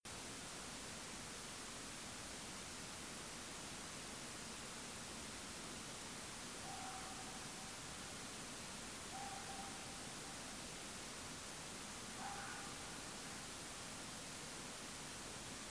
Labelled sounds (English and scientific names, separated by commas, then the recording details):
fox
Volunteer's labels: Autre biophonie Vulpes vulpes
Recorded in France